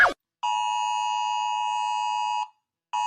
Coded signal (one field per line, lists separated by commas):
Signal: Emergency Alert System (SAME) tones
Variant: 853 and 960 Hz attention tone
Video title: Rating EAS From Around the World.